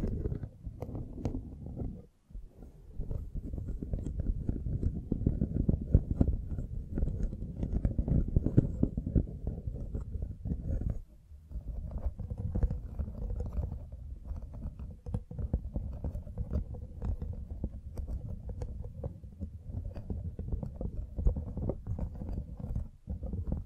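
Dense, low rumbling scratching and brushing against a mic continues throughout, with brief gaps near two and eleven seconds and scattered sharper scrapes.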